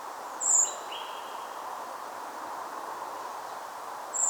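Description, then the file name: Common blackbird calling twice, high and thin, with a brief lower slurred whistle after the first note over steady hiss. "Turdus merula"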